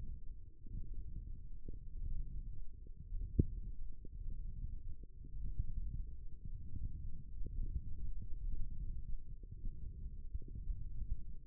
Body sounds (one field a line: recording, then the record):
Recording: forearm muscle sounds (acoustic myography)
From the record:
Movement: tripod grip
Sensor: system 1, eight BSWA MPA416 microphones around the upper forearm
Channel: 7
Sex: male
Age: 18 years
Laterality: right